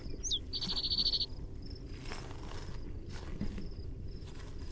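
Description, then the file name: Spotted towhee song: a short sliding note, then a rapid buzzy trill lasting under a second, over steady low rumbling background noise. Primary song. "SPTO-Primary Song"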